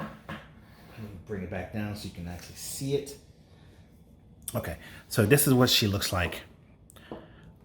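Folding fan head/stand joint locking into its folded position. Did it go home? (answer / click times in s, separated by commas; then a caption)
yes / 6.9 s. A portable folding telescoping rechargeable oscillating 4-speed fan is folded down into its compact form while someone talks. At 6.9 s, a sharp click is heard as the plastic folding joint between the fan head and stand snaps and locks into its folded position.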